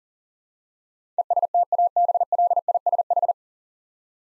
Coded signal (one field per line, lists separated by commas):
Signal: Morse code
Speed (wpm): 37 wpm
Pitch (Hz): 700 Hz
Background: none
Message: ESTABLISH